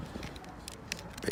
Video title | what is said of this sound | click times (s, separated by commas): How to remove and replace focus mk3 mirror indicator /repeater | as sometimes happens when you push it home it doesn't click in | none